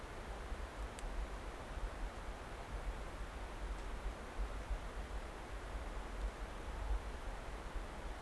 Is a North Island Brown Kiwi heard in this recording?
no